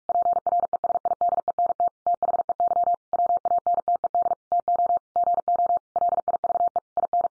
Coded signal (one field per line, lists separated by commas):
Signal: Morse code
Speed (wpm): 44 wpm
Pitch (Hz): 700 Hz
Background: none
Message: PRESIDENT THEY WANTED TO GO LIVE IN